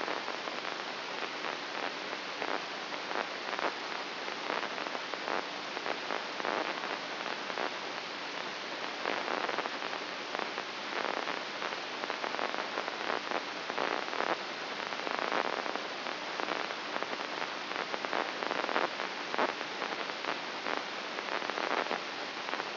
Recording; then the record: brain microelectrode recording played as sound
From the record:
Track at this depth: inside the subthalamic nucleus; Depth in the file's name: 2.24 mm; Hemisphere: right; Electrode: 2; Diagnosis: Parkinson's disease